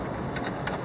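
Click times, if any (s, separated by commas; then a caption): none. A replacement bull ring tie-down point housing for a 2018 Ford F250 is handled and pressed toward its opening in the pickup bed wall. A steady broadband hiss runs throughout, broken by short bright scuffing bursts around 0.4 s and 0.7 s. Nothing has seated or clicked yet.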